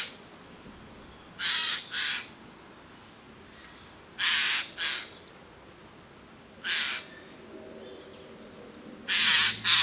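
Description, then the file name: Eurasian jay uttering rasping screeches, mostly doubled, spaced a few seconds apart, with faint background hiss between the calls. "Garrulus glandarius"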